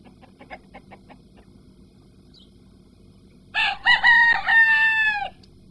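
Chicken gives a few soft clucks, then a loud, hoarse rooster crow holds for nearly two seconds before cutting off.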